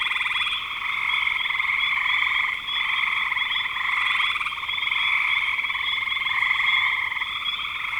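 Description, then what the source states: Many frogs in an unbroken, buzzy high chorus of overlapping trills, nearly constant in loudness with one short lull. Recorded in spring 2025.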